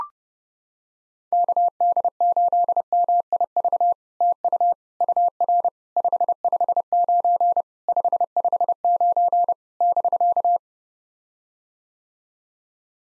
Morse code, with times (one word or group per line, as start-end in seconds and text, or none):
1.3-3.9 KD8MIV
4.2-4.7 TU
5.0-5.7 UR
6.0-7.6 559
7.9-9.5 559
9.8-10.6 <BK>